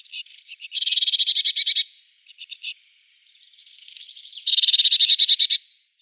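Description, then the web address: Great tit scolding calls: two bursts of rapid, harsh, buzzy rattling notes, with shorter churring fragments between them. "Schulze Peter Great Tit calls"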